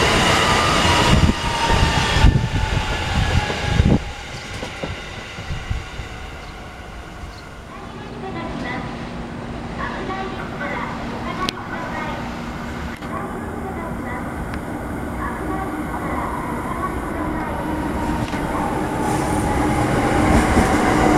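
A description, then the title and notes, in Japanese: An electric commuter train runs with a loud low rumble and clatter early, then a steady motor whine rising and falling, voices faintly behind. RailSim SoundSim JR東日本E129系編。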